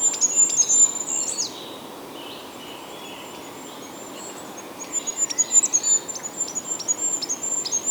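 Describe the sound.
Goldcrest song: a high-pitched series of fine repeated notes ending in a flourish, a pause, then another thin rhythmic phrase begins.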